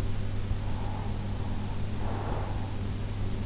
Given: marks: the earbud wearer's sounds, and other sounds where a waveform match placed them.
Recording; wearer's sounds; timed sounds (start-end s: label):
sounds in sleep by an in-ear microphone; breath
0.19-3.19 s: breath